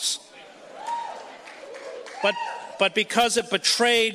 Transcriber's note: few audience cheers